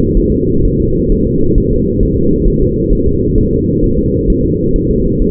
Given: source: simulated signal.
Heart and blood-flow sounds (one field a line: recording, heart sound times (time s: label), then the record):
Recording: fetal heart sounds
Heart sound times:
0.17 s: S1
0.32 s: S2
0.65 s: S1
0.80 s: S2
1.12 s: S1
1.27 s: S2
1.58 s: S1
1.73 s: S2
2.03 s: S1
2.18 s: S2
2.48 s: S1
2.62 s: S2
2.93 s: S1
3.07 s: S2
3.38 s: S1
3.53 s: S2
3.84 s: S1
3.99 s: S2
4.30 s: S1
4.45 s: S2
4.76 s: S1
4.91 s: S2
5.22 s: S1
From the record:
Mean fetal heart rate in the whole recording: 130 bpm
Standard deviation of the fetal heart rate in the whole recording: 4 bpm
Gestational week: 38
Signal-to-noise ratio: -15.3 dB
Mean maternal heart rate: 72 bpm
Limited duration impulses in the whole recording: present